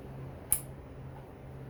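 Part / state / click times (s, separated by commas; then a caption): RJ45 network cable plug into a network port / seated / 0.5 s. An RJ45 network cable plug is slid into a network port until its plastic locking tab clicks once, sharp and bright, at 0.5 s over a low steady hum. The plug is seated, with the tab locked in so the cable won't come out.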